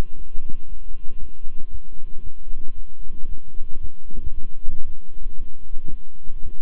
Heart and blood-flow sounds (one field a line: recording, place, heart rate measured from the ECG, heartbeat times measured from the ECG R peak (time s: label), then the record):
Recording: heart sounds by stethoscope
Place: between the tricuspid and mitral areas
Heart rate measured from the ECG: 115 bpm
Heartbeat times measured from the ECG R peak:
0.16 s: heartbeat
0.68 s: heartbeat
1.19 s: heartbeat
1.70 s: heartbeat
2.22 s: heartbeat
2.74 s: heartbeat
3.27 s: heartbeat
3.79 s: heartbeat
4.32 s: heartbeat
4.84 s: heartbeat
5.37 s: heartbeat
5.89 s: heartbeat
6.41 s: heartbeat
From the record:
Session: walking at 3.7 km/h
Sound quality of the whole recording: good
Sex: male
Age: 26 years